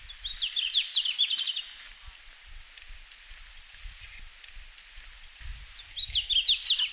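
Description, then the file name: Red-flanked bluetail song, two brief, high twittering phrases about six seconds apart, with soft background noise between them. Recorded in Finland on 17 June 2019, at 17:00. "Robin à flancs roux-20190617-1700-Finlande"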